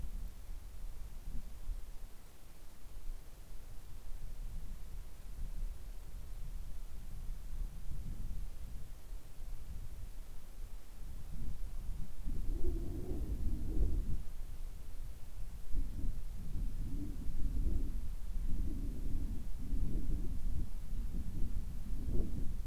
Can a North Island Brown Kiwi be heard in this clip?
no